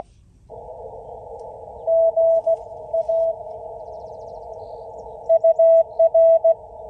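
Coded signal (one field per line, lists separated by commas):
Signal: Morse code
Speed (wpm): 16 wpm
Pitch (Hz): 660 Hz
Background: none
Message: GA UR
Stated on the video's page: CW sent during a POTA activation of a state forest from a mobile HF station, with engine noise and sloppy sending.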